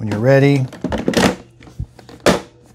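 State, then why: Seated. A plastic brew basket is pushed back into a Mr. Coffee 12-cup Dishwashable Coffee Maker after someone talks briefly. Some faint handling knocks come first, then a sharp click at 2.3 s as the basket snaps into place and is seated.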